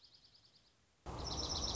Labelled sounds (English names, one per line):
Dark-eyed Junco